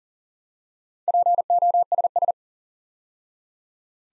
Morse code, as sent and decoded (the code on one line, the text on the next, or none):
.--. --- ... ...
POSS